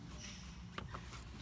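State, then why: Released. The two tabs of the plastic glove box damper arm on a 2013/14 Subaru WRX / Impreza glove box are pinched together, and the section is popped off its mount while installing a Kenwood DDX917WS. A sharp pop is heard at 0.8 s over a low steady background hum. The damper, which slows the glove box as it opens, comes loose.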